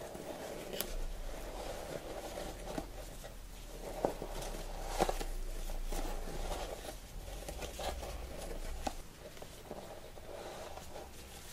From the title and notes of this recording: ASMR Inspecting You - Latex Gloves Triggers Crinkles, Close Up Personal Attention.